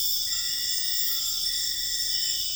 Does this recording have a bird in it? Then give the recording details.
no. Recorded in dense forest near Puerto Asís, Putumayo, Colombia, on 4 March 2025 at 02:00. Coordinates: 0.484, -76.325. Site G045